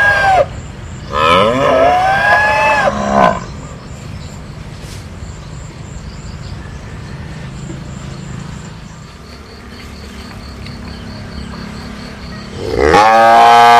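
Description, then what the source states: Cattle bellowing: a short moo, then a longer wavering bellow, a long quiet stretch of low background noise, and a final loud rising moo. Cow lowing.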